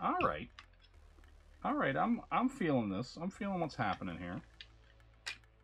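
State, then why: Seated. Someone talks while folding parts of a plastic action figure during its transformation, pressing a plastic limb or part into the figure's body. Two sharp plastic clicks sound at 4.6 s and 5.3 s as the parts click into place and seat.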